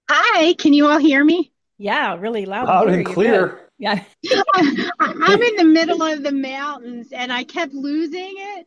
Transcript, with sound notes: Hi. Can you all hear me?
Yeah, really loud and clear.
Loud and clear.
Yeah. (laughs) I'm in the middle of the mountains, and I kept losing it,